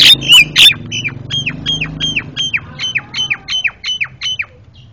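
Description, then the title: Javan myna giving loud harsh squawks, then a rapid series of about a dozen sharp descending chattering notes, steady and repeated several times a second. Very noisy calling, a master sound used for training cage birds. "Jalak Kebo Master Suara Super Berisik Buat Masteran"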